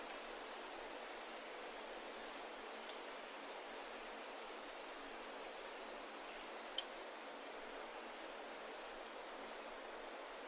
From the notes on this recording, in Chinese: 听远钟声，听风息声，听林涛声，听落叶声